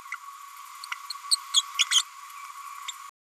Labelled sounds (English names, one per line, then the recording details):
Green-rumped Parrotlet babbling
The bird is a female
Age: 31 days
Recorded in a nest box in Venezuela
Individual 17B102A6